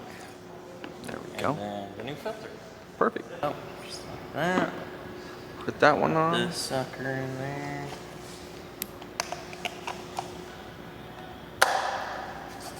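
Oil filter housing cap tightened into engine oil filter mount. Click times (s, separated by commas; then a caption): 11.6 s. A torque wrench tightens the oil filter housing cap back into the engine's oil filter mount on a Lamborghini during an oil change. Someone talks over faint background music and a few light handling ticks around 8.8 to 10.2 seconds. The wrench gives a loud, sharp click at 11.6 seconds as it reaches its torque setting.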